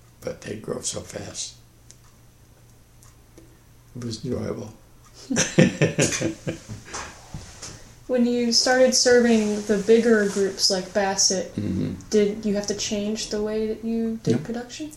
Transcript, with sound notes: But they'd grow so fast. It was enjoyable. [Laughs.]
When you started serving the bigger groups like Bassett, did you have to change the way you did production?